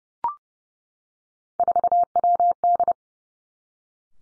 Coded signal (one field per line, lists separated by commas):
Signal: Morse code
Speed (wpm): 30 wpm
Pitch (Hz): 700 Hz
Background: none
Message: 4WD